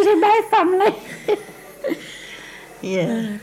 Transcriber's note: laughs